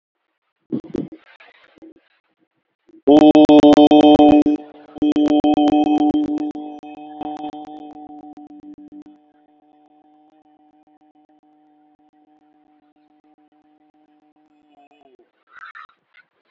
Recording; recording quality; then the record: sustained vowel as in boot; excellent, no background noise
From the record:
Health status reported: exposed to COVID-19, no respiratory illness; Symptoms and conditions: hypertension, diabetes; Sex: male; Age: 46 years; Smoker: not ticked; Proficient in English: yes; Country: India